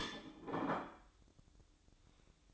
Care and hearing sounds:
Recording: daily activity, microphone in the room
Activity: place plate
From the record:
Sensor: 3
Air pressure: 1007.4 hPa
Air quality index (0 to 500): 53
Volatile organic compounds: 1 ppm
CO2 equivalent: 588 ppm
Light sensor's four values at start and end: 9/21/8/8 and 9/21/8/8

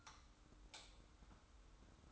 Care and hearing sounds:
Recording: daily activity, microphone in the room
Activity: light off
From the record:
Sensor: 3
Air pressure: 991.0 hPa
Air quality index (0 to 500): 114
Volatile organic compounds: 69 ppm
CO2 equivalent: 3511 ppm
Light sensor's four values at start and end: 39/95/38/36 and 36/86/35/32

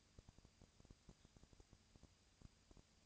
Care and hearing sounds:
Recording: daily activity, microphone in the room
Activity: no activity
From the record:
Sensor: 2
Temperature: 20.3 degrees Celsius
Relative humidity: 37.0%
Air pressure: 998.7 hPa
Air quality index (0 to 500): 236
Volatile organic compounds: 38 ppm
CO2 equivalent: 3114 ppm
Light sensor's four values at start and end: 2/3/2/2 and 2/3/2/2

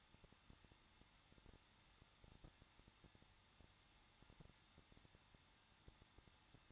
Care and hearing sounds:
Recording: daily activity, microphone in the room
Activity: no activity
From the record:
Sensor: 3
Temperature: 21.2 degrees Celsius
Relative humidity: 36.4%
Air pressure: 1006.3 hPa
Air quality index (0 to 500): 223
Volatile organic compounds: 43 ppm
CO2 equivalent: 3202 ppm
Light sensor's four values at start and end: 2/3/2/2 and 2/3/2/2

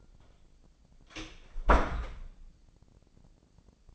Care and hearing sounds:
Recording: daily activity, microphone in the room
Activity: close door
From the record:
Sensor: 5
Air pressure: 1009.3 hPa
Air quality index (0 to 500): 165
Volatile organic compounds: 2 ppm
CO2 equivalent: 1263 ppm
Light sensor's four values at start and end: 140/332/141/153 and 140/332/141/153

